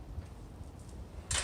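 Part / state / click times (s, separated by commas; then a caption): locking handle of a mobile tool stand on casters / not seated / none. Someone handles the red locking handle of a mobile tool stand on casters, pulling and pushing it to lock the stand in its set-up position. Low rumbling handling noise runs throughout, and a louder broadband rush comes in near 1.3 s. Nothing has latched or seated yet.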